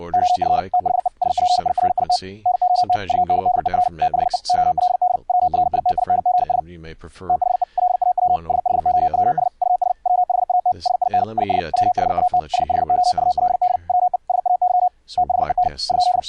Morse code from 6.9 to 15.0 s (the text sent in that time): THE LAW SHOWS US WHAT SIN IS WHAT SHOULD WE SAY